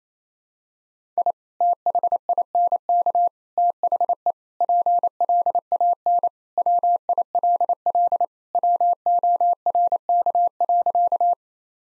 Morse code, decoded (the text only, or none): I THINK THE PLAN WILL WORK.